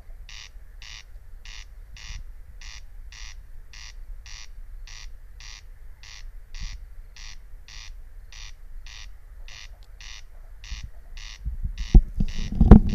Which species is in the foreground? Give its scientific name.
Crex crex